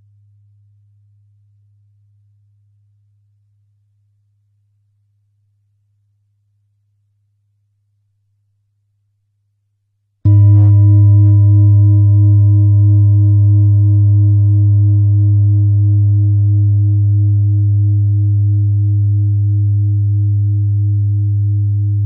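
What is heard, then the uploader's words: A faint low hum fades into silence, then at ten seconds a loud, steady 134.48 Hz tone with ringing overtones abruptly begins and holds. 134.48 Hz.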